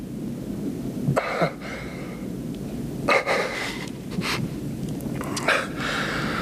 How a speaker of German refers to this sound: Es war nur ein Hund. Er kam aus der Ladentür.